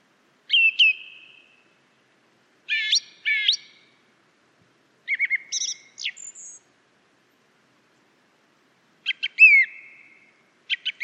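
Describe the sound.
Song thrush song: loud, clear whistled phrases separated by pauses, one phrase given twice in quick succession, with some brief high notes and no other sounds.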